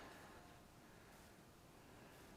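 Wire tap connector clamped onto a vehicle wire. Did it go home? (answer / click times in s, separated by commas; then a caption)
no / none. A wire tap connector is held in place on a wire of a 1994 Dodge Dakota during an LED lighting upgrade, with pliers being set up before the squeeze. Only steady, low-level broadband handling noise is heard, with no sharp transients. Nothing has clicked or seated yet.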